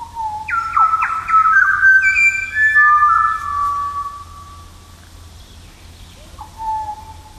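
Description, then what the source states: Pied Butcherbird song of rich, fluted whistles, several long gliding notes, ending in a softer lone whistle after a pause. Recorded by Joy Sutton in Mirima National Park near Kununurra; called one of Australia's favourite song singers of the bush.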